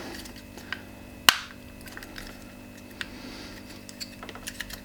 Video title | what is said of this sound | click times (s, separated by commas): Getting road legal, 2/4 MOT boxes ticked, 2017+ dials installed and more TRD items (GT86 FR-S BRZ) | push it till it clicks | 1.3 s